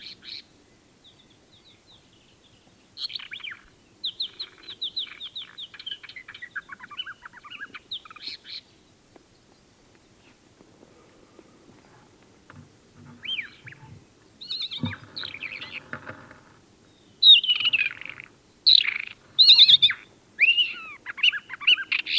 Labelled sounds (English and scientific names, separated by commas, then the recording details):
Isabelline Wheatear (Oenanthe isabellina) song
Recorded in the wild
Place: Wüste Gobi, MN
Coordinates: 42.795, 105.032
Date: 1979-06-01 04:50
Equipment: Nagra III BH, Sennheiser MD 21, parabola
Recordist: Schubert, Michael